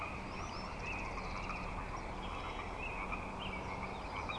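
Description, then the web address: Chorusing frogs forming a steady band of rapid repeated notes, a brief bird trill early on, over steady outdoor background noise. Frog chorus at Grafton Lake, recorded 3 May 2009. "The Frog Chorus Tunes Up On Grafton Lake frogs 090503"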